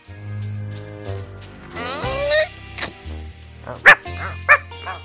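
A dog yelps and whines with rising, pitched cries, then lets out three sharp, loud barks spaced about half a second apart over a low steady hum.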